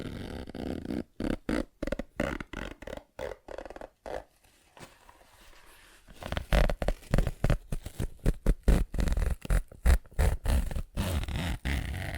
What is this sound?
ASMR Tapping, Scratching & Zipper Sounds